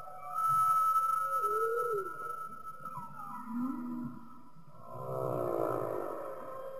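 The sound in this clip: Humpback whale song: a long steady tonal moan with a gliding swoop, then a lower rising groan and a rich buzzy harmonic phrase near the end.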